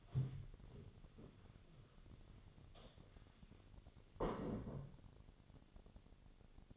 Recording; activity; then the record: daily activity, microphone in the room; stand up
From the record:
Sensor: 4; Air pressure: 1001.2 hPa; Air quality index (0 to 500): 182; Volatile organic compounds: 2 ppm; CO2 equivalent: 1302 ppm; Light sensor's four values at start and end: 14/32/13/13 and 14/32/13/13